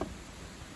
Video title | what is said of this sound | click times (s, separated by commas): Beryl the Berlingo, Microcamper full tour | folding hinges that click in place. | 0.0 s